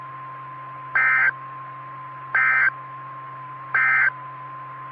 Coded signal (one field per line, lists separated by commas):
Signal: Emergency Alert System (SAME) tones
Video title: 2015-03-31 - W5RHS SKYWARN Repeater 147.120 Mhz